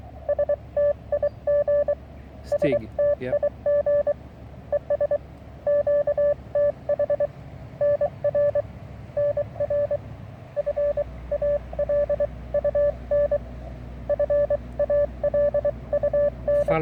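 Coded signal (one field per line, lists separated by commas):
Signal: Morse code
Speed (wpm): 23 wpm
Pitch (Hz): 580 Hz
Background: none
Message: STIG STIG ES QTH NR NR FALUN FALUN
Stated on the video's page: Received on a short vertical antenna: a 19 ft wire on a 6 m fishing pole with a 9:1 unun.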